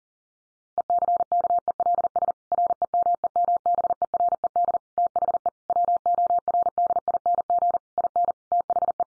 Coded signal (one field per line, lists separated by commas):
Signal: Morse code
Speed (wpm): 40 wpm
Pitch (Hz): 700 Hz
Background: none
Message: ECKELS REMEMBERED THE WORDING IN THE